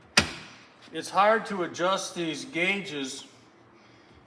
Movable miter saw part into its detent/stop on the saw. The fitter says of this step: Slam you hear that click it slams in